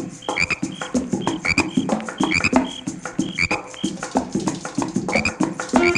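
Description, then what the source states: Frog chorus, many overlapping croaks and clicks in a dense rhythmic pulse, with sharp high chirping notes repeating throughout. Recorded at a bog.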